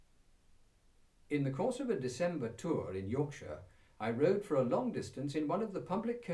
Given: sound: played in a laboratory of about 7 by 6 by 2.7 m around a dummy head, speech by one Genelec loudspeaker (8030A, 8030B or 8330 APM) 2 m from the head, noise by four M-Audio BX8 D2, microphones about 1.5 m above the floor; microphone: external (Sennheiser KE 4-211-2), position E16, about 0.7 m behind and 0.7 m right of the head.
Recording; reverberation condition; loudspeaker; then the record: male speech in English; low; 90 degrees to the left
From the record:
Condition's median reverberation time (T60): about 310 ms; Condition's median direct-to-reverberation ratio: about 3.5 dB